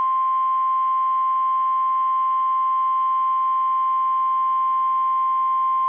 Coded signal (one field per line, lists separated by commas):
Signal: Emergency Alert System (SAME) tones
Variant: 1050 Hz attention tone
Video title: (EAS#11) Tornado Warning (4/16/2024)